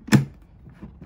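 A plastic water filtration tank, filled with clean water to the line, is pressed back onto the body of a US STEAM Blue Evolution S+ commercial steam vacuum after first not sitting quite on. It pops into place with one sharp snap at 0.1 s, followed by quiet low rustling and a faint soft knock. The tank is seated.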